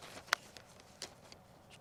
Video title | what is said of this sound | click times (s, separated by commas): Remote Control Bird Unboxing & Test - Go Go Bird Eagle 1020 | and you'll insert it until it clicks inside | 0.3 s